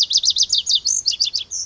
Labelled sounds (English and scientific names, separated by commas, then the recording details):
Pacific Wren (Troglodytes pacificus)
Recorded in Sonoma County, California